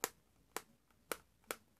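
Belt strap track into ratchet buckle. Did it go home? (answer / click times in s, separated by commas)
yes / 0.0 s, 0.6 s, 1.1 s, 1.5 s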